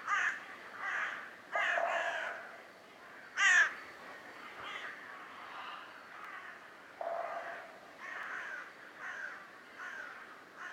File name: Corvus corone